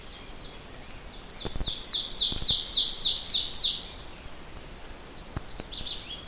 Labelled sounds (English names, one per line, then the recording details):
Ovenbird song
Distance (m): 15 m
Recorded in boreal forest in Alberta, Canada, on 4 June 2016 at 07:04
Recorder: SongMeter 3, array SBT-3-51
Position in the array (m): 268 m, 118 m
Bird 28